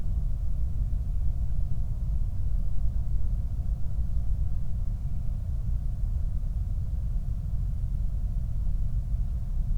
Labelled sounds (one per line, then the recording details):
flare stack
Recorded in the Prudhoe Bay oil fields, Alaska, on 8 July 2019 at 00:08
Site 25